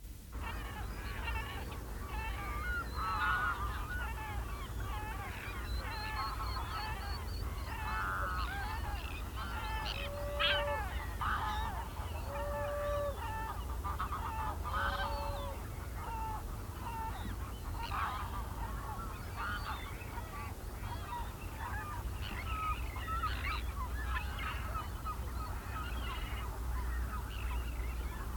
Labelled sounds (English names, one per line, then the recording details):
Little Tern call
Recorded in the wild
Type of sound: call
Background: Larus spec
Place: Zicker, Insel Rügen, Mecklenburg-Vorpommern, DE
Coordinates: 54.296, 13.683
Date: 1971-09-04
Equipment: Nagra III BH, Sennheiser MD 21, parabola
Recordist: Schubert, Michael
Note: Möwen und Seeschwalben